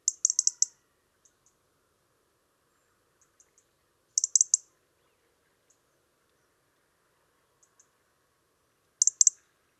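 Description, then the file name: European robin uttering clipped, snapping ticks in tight bursts roughly every four to five seconds, with scattered single quiet ticks in between. "Erithacus rubecula"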